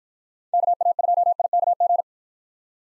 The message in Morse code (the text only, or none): KA2IKG